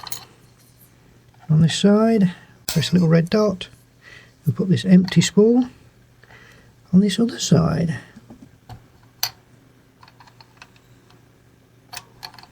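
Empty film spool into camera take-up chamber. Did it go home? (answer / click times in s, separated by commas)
yes / 9.2 s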